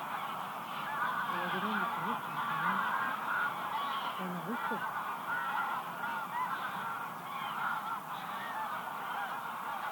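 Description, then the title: Goose: geese honking in a crowded, overlapping chorus, with a few deeper bending calls heard in the first half. "gansos"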